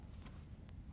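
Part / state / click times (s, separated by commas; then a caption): washer shock absorber top end into tub mount / not seated / none. The plastic top end of a Maytag front load washer shock absorber, part W10822553 (fits Whirlpool/KitchenAid), is handled in the tub mount, where it will be turned to lock into place. A steady low rumble fills the clip, with two faint, brief broadband rustles near 0.3 and 0.7 seconds. Nothing has seated or clicked yet.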